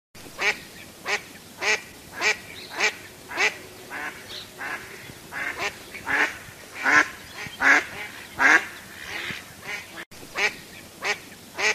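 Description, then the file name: Duck calling in a long, even run of rasping quacks, roughly one every half to three quarters of a second, rising in strength midway before easing off. "Tieng vit troi keu"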